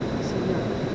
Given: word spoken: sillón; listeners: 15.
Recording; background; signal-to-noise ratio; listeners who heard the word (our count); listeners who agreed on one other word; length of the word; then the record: one Spanish word in noise, from a listening test; speech-shaped noise; -5.8 dB; 0 of 15; 6 of 15; 0.55 s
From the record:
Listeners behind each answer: 6, 1, 1, 1, 1, 1, 1, 1, 1, 1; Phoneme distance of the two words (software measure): 34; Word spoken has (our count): 2 syllables, 5 phonemes, stress on syllable 2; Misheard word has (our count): 2 syllables, 5 phonemes, stress on syllable 2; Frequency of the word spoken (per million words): 19.48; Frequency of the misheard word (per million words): 228.79